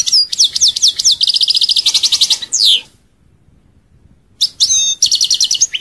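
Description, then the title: European goldfinch singing a rapid string of repeated chips and a buzzy trill, then a pause, then resuming with twittering whistled notes. "Chant Chardonneret"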